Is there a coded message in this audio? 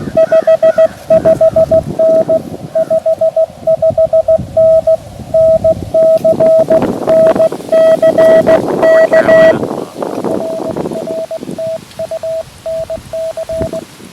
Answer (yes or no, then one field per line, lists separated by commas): yes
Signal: Morse code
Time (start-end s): 0.2-13.8 s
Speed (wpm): 20 wpm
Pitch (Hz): 650 Hz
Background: radio noise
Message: 55N 55N NC NC K RR TU NC